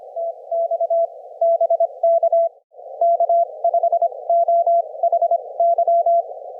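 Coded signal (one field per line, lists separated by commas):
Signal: Morse code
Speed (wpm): 25 wpm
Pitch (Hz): 660 Hz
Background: none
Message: TX BK K5OHY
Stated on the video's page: Amateur signal from a 40-meter horizontal full-wave loop antenna at an HOA home.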